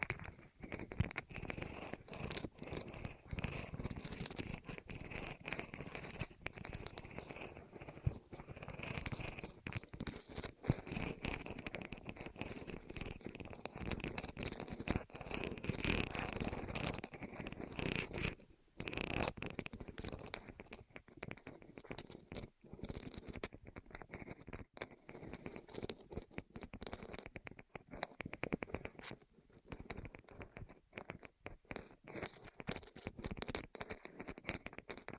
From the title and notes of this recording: ASMR Rolling On Your Ears (No Talking).